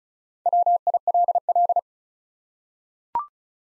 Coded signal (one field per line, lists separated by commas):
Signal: Morse code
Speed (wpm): 36 wpm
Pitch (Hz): 700 Hz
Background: none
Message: WILL